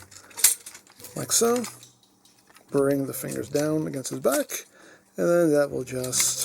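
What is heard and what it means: During a transformation of a Moon Studio Cool Peak (Seizan) plastic robot toy, the fingers of its hand are brought down against the back of the part that goes into the body. Someone talks as light plastic taps and rattles of handling are heard, with a sharp tap near 0.5 s. Nothing has seated or clicked yet.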